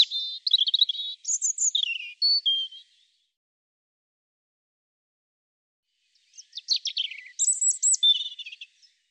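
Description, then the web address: European robin singing two bright, high phrases of jumbled trills, thin whistles and down-slurred notes, with a long quiet pause between them. "cianscape birddata Deverinetal 2025 Bird Er Ru"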